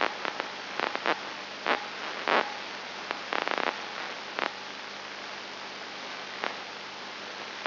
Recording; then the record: brain microelectrode recording played as sound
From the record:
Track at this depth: outside the subthalamic nucleus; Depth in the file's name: 5.9 mm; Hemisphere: left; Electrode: 2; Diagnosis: Parkinson's disease